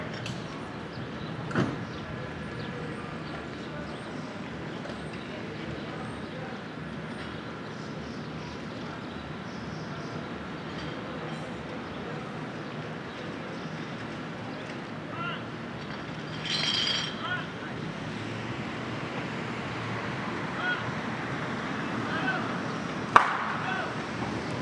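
A Brooklyn morning: a steady, low outdoor hum of traffic runs throughout, with faint voices mixed in. Brief sharp clicks or knocks stand out near the start and again toward the end, and a short hissing burst passes around seventeen seconds.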